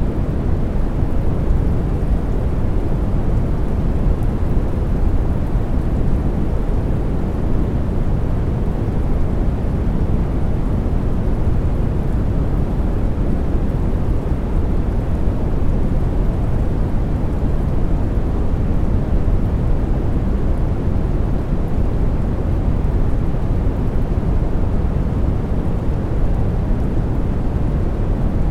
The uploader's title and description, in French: Bruit Brun | Avec des Tons Doux de Pluie. Tons profonds du Bruit Brun avec la sérénité intemporelle de la pluie tombante